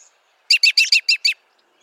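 American robin: songbird phrase of six quick, bright chirped notes in a tight series lasting under a second, clear against a quiet background.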